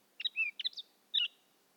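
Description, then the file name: Eurasian blackcap with a brief warbled phrase of twangy whistles and a final slurred note. "Sylvia atricapilla"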